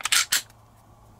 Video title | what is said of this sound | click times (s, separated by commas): Sig Sauer P365 XL Review | just snaps back into place guys | 0.3 s